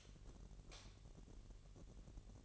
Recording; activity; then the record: daily activity, microphone in the room; light off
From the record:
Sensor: 4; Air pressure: 1012.7 hPa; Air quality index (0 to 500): 248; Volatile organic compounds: 4 ppm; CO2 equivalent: 1686 ppm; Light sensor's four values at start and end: 16/42/16/17 and 14/32/13/13